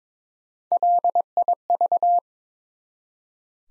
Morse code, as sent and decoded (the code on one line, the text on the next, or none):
.-.. .. ...-
LIV